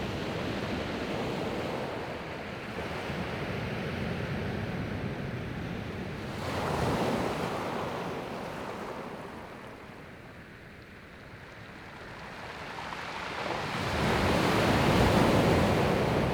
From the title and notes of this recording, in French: Plage de Porz Kreguen - Pointe de la chèvre - Finistère - Nagra seven - Binaural mkh8020. Après-midi incroyable sur la presqu'île de Crozon, un ciel limpide couleur bleu de Provence. Une mer calme. De l'inspiration et de l’expiration des vagues qui viennent se briser sur une plage de galet.